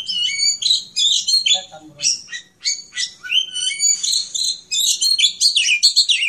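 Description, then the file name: Oriental magpie-robin singing a continuous, rich medley of sharp whistles, chirps and rapid trills that change pitch constantly. Captive, privately owned bird. "kicauan kacer raja rimba milik om khadafi omkicau"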